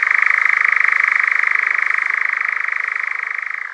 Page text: European Nightjar Churring - Quick Sounds